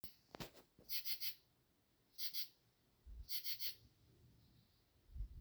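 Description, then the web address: Insect chirps in short bursts of two to four high pulses each, spaced roughly a second apart. "Insect Set 459"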